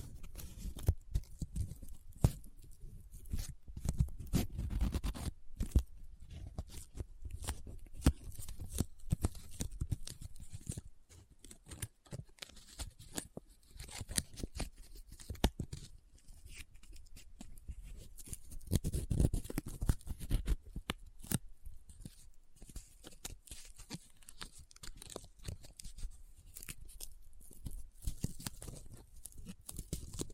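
Close-up paper crinkles, rubs and scratches in dense bursts of sharp clicks and rustles, busiest early, thinning after ten seconds, swelling near nineteen.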